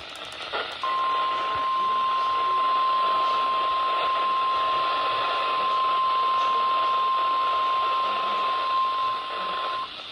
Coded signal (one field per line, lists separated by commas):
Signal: Emergency Alert System (SAME) tones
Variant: 1050 Hz attention tone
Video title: EAS ALERTS 5923-5934 FROM 06/29/24